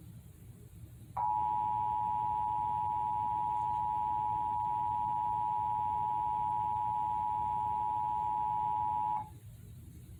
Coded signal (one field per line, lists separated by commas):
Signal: Emergency Alert System (SAME) tones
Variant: 853 and 960 Hz attention tone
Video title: EAS #388: Severe Thunderstorm Warning - Indiana (6/18/2021) (KEC74)